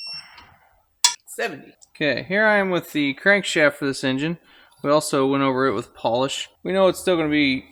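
A torque wrench tightening bolts on a 350 small block short block to 70 ft-lb gives a single sharp signal at 1.0 s, showing it has reached the setting. Someone talks before and after the signal.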